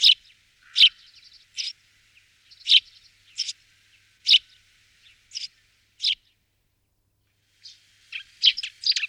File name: passer montanus